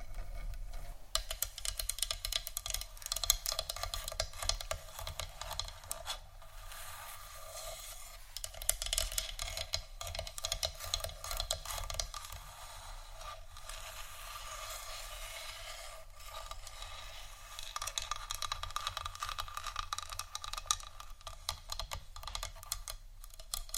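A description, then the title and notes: Wooden ASMR triggers: a steady run of fast, dense tapping and scratching on wood, crisp and bright, like fingernails or a keyboard clatter. The clicks continue for the whole clip with small pauses near 6 and 13 seconds, over a low constant hum. ASMR Wooden Triggers（No Talking）.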